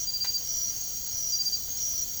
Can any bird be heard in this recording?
no